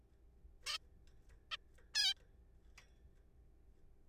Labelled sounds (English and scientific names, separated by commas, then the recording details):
Zebra Finch (Taeniopygia guttata)
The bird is a juvenile
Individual R3428